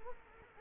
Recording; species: mosquito wingbeat signal from an infrared sensor; Culex quinquefasciatus